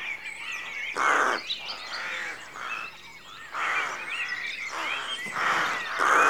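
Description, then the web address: Rook caws, repeated harsh grating calls at irregular intervals, with songbirds whistling behind. A rookery at dawn; rural exterior atmosphere. "BBC Sound Effects Library (Exterior Atmospheres-Rural Backg) Rookery Dawn"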